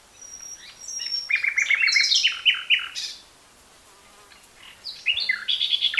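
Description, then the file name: Common nightingale song: a thin high whistle, then a run of quick repeated chirps and descending strokes, a quiet gap, and another burst of rapid notes. "Luscinia megarhynchos"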